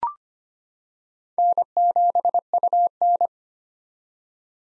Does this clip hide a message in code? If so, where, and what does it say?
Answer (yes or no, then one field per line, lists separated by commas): yes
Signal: Morse code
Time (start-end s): 1.4-3.3 s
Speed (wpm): 25 wpm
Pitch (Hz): 700 Hz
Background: none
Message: N7UN